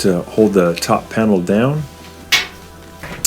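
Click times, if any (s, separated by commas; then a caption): 3.2 s. Someone talks while the top panel of a Whirlpool gas dryer is lowered and pushed down onto its two metal spring clips to hold it down. After a quieter stretch, a sharp, loud click-like hit lands at 3.3 seconds as the panel snaps into place and seats.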